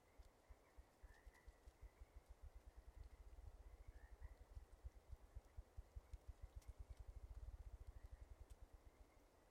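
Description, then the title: Ruffed grouse drumming: many low, rapid thumps, with a steady high hum above. Male in mating season, North America; drums on a log every five to twelve minutes, fluffing feathers, to declare territory and availability; low rapid thump likened to a distant generator. "Ruffed Grouse - Bonasa umbellus - male drumming"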